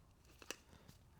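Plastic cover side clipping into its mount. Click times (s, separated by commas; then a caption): 0.4 s, 0.5 s. In the engine bay of a BMW E36 M3, the other side of a plastic cover is pressed until it clips into its mount. Two short snaps are heard at 0.4 s and 0.5 s, the second louder. The cover is seated in place.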